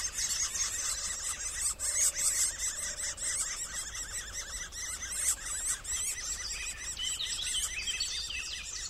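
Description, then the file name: Middle spotted woodpecker: a dense run of rasping squeals repeated about two or three a second, with faint lower tonal notes underneath. Daytime. "walter tilgner-tag mittelspecht"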